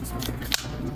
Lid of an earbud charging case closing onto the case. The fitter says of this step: and it's got a nice little clicky sound to it you know so i can't knock them for that